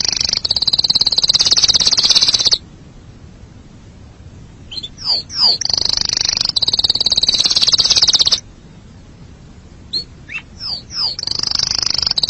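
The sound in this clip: Canary song of long, high, buzzy rolls broken by short swooping whistled notes, with the pattern repeating twice.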